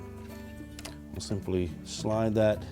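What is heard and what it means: The new wire harness terminal with a locking tab, part of a Whirlpool #675813 dishwasher thermal fuse and harness replacement, is being handled for sliding into a plastic Molex plug housing with the tab facing outward. Someone talks over background music, with two faint ticks near 0.8 s. Nothing has seated or clicked yet.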